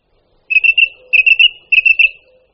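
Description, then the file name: Song thrush singing a clear whistled phrase of three quick notes, repeated three times in a row with short pauses between. "Drozd-zpěvný"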